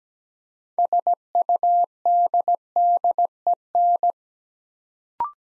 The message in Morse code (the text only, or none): SUDDEN